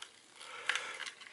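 The plastic base piece of a Dodocool wireless charging car phone mount is slid up into the bottom of the mount cradle upside down, producing faint scraping and a few short, sharp plastic taps, the loudest near 0.7 s. Nothing has seated or clicked yet because the piece is upside down, so it must be flipped and tried again.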